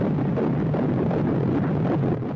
The sound of the heartbeat of an unborn baby just 28 days after conception.